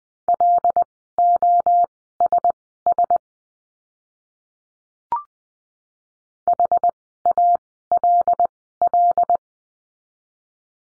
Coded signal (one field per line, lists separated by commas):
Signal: Morse code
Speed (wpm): 20 wpm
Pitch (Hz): 700 Hz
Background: none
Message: LOSS HALL